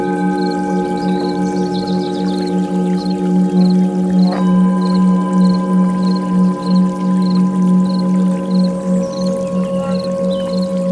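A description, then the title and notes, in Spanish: Tibetan singing bowls ring in a steady, sustained drone, with a strong low hum and several clear, even overtones holding above it. A slight pulsing wobble runs through the tone, a fresh strike lands near the four-second mark, and faint high chirps repeat regularly throughout. CUENCOS TIBETANOS.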